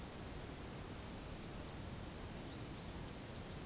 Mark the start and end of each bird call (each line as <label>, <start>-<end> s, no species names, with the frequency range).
bird call (3.8-6.4 kHz), 1.21-1.72 s
bird call (2.6-4.9 kHz), 2.39-2.90 s